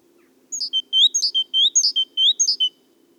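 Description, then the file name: Great tit giving ringing two-pitched notes in a short repeated sequence, four phrases in about two seconds, with faint low hum behind. "Parus major"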